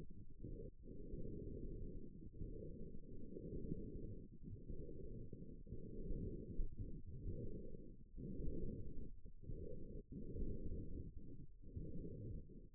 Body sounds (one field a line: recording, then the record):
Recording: forearm muscle sounds (acoustic myography)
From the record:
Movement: forearm pronation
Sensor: system 1, eight BSWA MPA416 microphones around the upper forearm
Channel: 7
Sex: female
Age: 21 years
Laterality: right